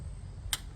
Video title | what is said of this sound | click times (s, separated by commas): Installing LasFit Switchback LED Turn Driving Lights On My 2025 Toyota Tacoma | Snap it until it's level. | 0.5 s